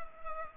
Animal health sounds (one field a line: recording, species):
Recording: mosquito wingbeat signal from an infrared sensor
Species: Culex pipiens